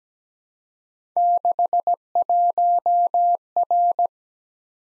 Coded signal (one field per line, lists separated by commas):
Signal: Morse code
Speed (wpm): 17 wpm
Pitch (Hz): 700 Hz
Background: none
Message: 61R